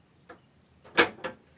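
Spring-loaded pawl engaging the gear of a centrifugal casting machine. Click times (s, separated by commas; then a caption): 0.3 s, 1.2 s. The arm of a vertical centrifugal casting machine is turned by hand, and its spring-loaded metal pawl drops into the gear teeth with sharp clicks at 0.3 s and 1.2 s, with a louder broadband burst around 1.0 s between them. The pawl seats in the gear and locks it in place.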